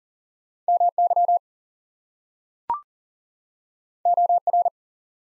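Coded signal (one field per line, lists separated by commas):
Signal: Morse code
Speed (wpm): 42 wpm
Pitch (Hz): 700 Hz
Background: none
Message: MY OR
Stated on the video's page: Two-letter words in Morse code at 40 wpm for head-copy practice, each sent twice.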